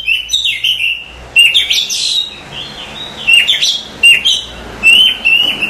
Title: Suara Kacer